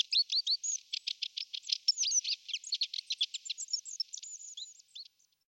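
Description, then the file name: Long-tailed tit twittering: rapid, high-pitched chirps and short trills pour out steadily, then fade to quiet near the end. "Halemejse"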